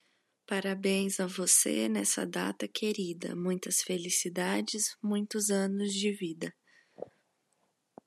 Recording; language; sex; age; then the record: short text; Brazilian Portuguese; female; 20 to 29 years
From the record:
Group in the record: control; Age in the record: 21 years